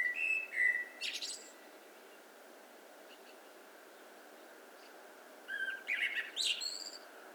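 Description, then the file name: Eurasian blackbird song: the end of a phrase of mellow whistled notes and a squeaky high flourish, then after a pause of several seconds a second warbled phrase with a thin twittering ending. "Turdus merula"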